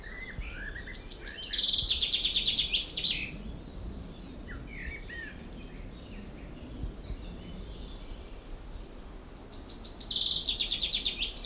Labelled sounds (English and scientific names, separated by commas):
Common Chaffinch (Fringilla coelebs)